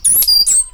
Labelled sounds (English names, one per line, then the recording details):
Stitchbird song
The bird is a male
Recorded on Tiritiri Matangi Island, New Zealand, in 2005
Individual 8, of nest box 10